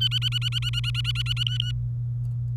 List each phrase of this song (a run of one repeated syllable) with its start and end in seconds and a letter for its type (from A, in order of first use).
0.01-1.44 A, 1.47-1.71 B